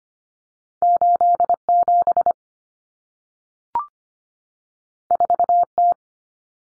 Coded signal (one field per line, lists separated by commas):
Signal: Morse code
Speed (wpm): 25 wpm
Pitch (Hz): 700 Hz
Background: none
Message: 87 4T